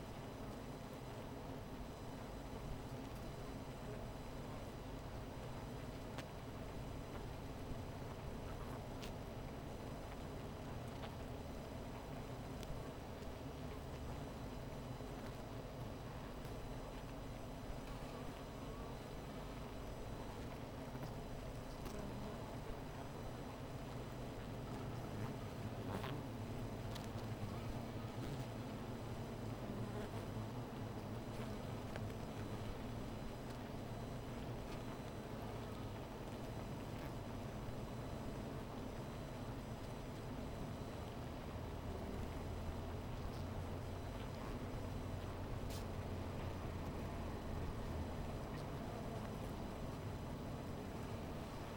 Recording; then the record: honeybee colony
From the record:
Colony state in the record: missing queen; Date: 14 July 2017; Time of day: 16:38